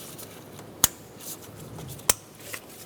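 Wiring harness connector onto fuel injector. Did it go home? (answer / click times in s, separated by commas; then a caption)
yes / 0.8 s, 2.1 s. The plastic connectors of a fuel injector wiring harness are pushed down onto the fuel injectors of a 2007-2012 Nissan Altima during a valve cover gasket replacement. Two sharp clicks sound at 0.8 s and 2.1 s over quiet background noise, and the connectors are seated.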